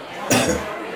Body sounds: coughing mixed with background sound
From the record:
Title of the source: Spring Cold Coughing 3

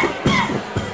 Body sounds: coughing mixed with background sound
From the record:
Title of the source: Mid-morning Winter Coughing Fit

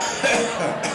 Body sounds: coughing mixed with background sound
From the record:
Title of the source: Wet Throat Infection Cough

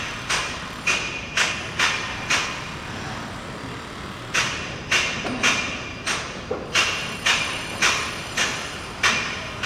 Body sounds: background sound without coughing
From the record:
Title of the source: 30 MINUTES Construction Site Ambience (CC BY 4.0)

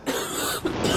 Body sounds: coughing mixed with background sound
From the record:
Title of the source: 30 Chesty and wet cough

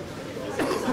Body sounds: coughing mixed with background sound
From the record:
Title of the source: Coughing 77

